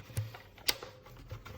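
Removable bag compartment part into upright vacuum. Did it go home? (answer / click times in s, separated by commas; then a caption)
yes / 0.7 s. A removable bag compartment part is pushed back into the body of a Kenmore BU4050 Intuition bagged upright vacuum and snaps into place with a sharp, bright click at 0.7 s. Softer knocks and handling taps come before and after it, and the part is seated and ready to use.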